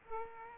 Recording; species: mosquito wingbeat signal from an infrared sensor; Aedes aegypti